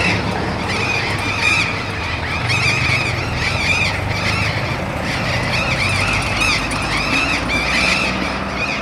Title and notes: Loros barranqueros (Cyanoliseus patagonus) en tendido eléctrico aéreo urbano. Humboldt esq. H. Yrigoyen. B° La Falda. Por Sonoteca Bahía Blanca